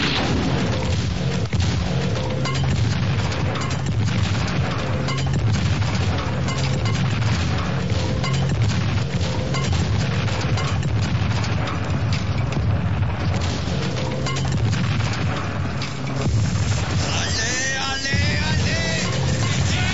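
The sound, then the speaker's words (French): A massive explosion rolls on as a sustained, thunderous roar, dense low rumbling and crackling noise holding steady and loud for the whole stretch with no voices. “C'est sûr que c'est assez rapide pour éviter d'être balayé par les souffles de l'explosion.”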